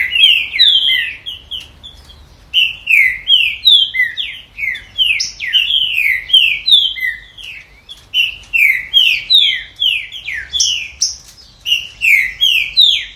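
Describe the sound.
Green-winged saltator giving long phrases of fast, clear, falling whistles, separated by short pauses.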